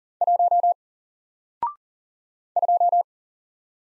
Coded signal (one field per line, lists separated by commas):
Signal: Morse code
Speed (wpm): 40 wpm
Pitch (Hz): 700 Hz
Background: none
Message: 1 2